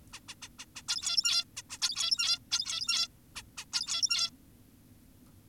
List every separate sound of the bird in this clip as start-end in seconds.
0.13-0.20, 0.28-0.35, 0.42-0.49, 0.59-0.65, 0.76-0.82, 0.88-1.44, 1.57-1.62, 1.70-1.78, 1.82-2.39, 2.52-3.08, 3.36-3.43, 3.58-3.65, 3.73-4.30